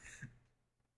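A single short, harsh throat-clearing burst from a man of nearly 30, hissy at first and then ending in a low, rough voiced grunt, fading within half a second. One forceful clear or small cough, like hacking up a hairball, attributed to allergies, with quiet room sound afterward.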